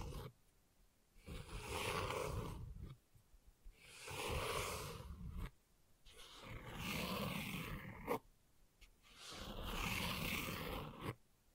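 Gentle scratching comes in four separate passes, each lasting about two seconds and separated by short silent gaps. Each pass is a dense, rough, rasping texture that swells and fades smoothly, with a soft low rumble beneath the brighter scraping.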